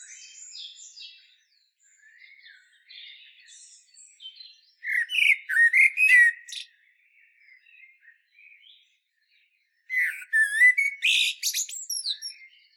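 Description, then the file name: Common blackbird making two bursts of harsh, rattling chatter calls several seconds apart, with quieter high chirps and warbles between them. "Turdus merula"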